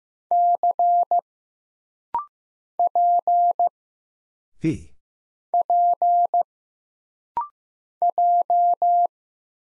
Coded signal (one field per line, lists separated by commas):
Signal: Morse code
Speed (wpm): 15 wpm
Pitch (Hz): 700 Hz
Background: none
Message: C P P J